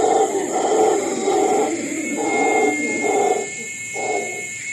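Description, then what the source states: Howler monkey giving deep, rough roaring howls in repeated bursts, with a thin steady insect whine above. Costa Rica; insects also recorded.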